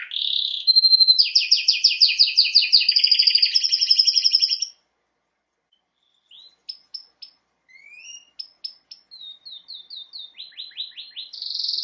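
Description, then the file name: Canary song: loud rapid trills for several seconds, a short silence, then soft scattered chips and slurs rising back into a fast trill. "Canary Voice"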